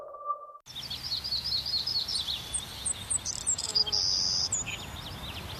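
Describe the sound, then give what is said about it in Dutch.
A lively chorus of birds whistles and sings, with bright, high-pitched chirps and trills overlapping continuously over a soft, steady hiss of background noise. A brief low tone sounds just before. Part of a radio advertisement for Beter Horen hearing checks. “Blijf genieten van het gefluit van vogels.”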